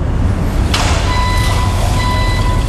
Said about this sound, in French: C'est le camion de l'entreprise voisine qui part en livraison. C'est agaçant, non?